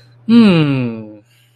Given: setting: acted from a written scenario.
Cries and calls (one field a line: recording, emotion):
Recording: vocal sound without words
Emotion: contentment